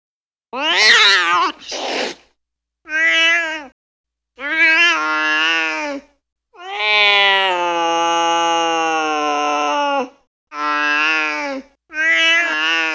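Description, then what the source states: Cat yowls and meows in a series of short, irregular bursts, with one long, drawn-out, steady wail in the middle. Cat fight with yowls.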